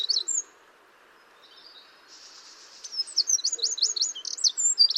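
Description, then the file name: Eurasian wren giving a brief high phrase, then a buzzy trill building into a rapid run of looping high notes that fills the second half. "Troglodytes troglodytes"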